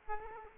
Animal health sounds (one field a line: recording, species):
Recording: mosquito wingbeat signal from an infrared sensor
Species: Aedes aegypti